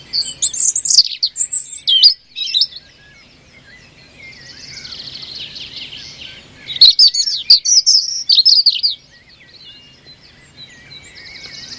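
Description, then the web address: European robin giving two loud, high, rippling song phrases several seconds apart, with softer twittering between them. "Deverinetal 2025"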